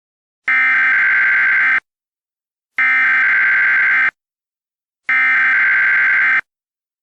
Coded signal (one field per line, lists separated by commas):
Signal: Emergency Alert System (SAME) tones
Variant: header bursts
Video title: EAS Scenario: The Commander